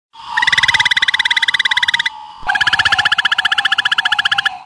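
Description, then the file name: Frog calling, a fast train of buzzy, harmonic pulses, pausing briefly before a second rapid pulsed run. Hybrid frog. "hickmanhybridfrog"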